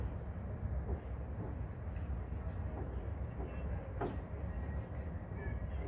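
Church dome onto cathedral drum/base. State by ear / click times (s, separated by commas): partly seated / 4.0 s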